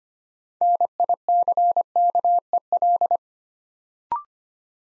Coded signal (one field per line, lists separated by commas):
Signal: Morse code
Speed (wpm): 25 wpm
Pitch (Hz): 700 Hz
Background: none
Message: NICKEL